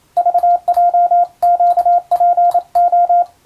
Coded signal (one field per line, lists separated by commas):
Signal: Morse code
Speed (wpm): 27 wpm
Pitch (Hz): 700 Hz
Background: radio noise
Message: VJQPO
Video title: 船舶通信士が打つ欧文無線電報！無線通信士の国家試験の練習です。今でも電気通信術と言うモールスの実技試験があります。アマチュア無線の受信トレーニングにどうぞ morse code practice